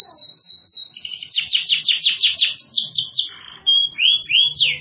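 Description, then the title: Atlantic canary song: rapid rolling trills of descending notes, a brief pause, then pure whistled slurs and more quick trill phrases. "Kenari"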